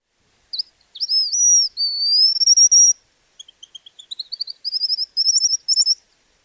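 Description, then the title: White-naped Xenopsaris giving thin, high whistles: a few sweeping slurred notes, then a quick series of short ticking notes rising into rapid buzzy phrases, with no other sounds. Subspecies Xenopsaris albinucha albinucha. "LuckyPassaro Completos2Sama. White-naped Xenopsaris (Xenopsaris albinucha albinucha)"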